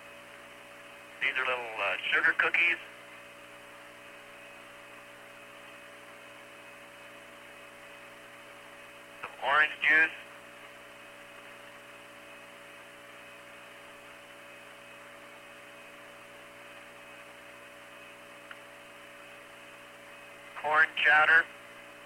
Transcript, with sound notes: These are little sugar cookies, [pause] some orange juice, [long pause] corn chowder,